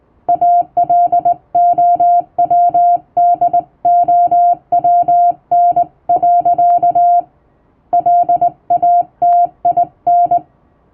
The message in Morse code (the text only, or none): ALOWDOWN. LATIN